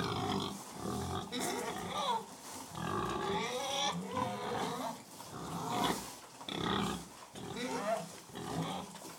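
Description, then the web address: Pigs grunting and squealing while feeding, with overlapping harmonic squeals and low grunts in irregular bursts throughout. Pigs feeding; livestock. "The BBC Sound Effects Library (Livestock) Pigs Feeding"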